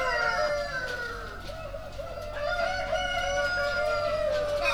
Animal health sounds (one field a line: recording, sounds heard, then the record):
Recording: poultry house recording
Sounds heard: healthy chickens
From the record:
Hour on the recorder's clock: 1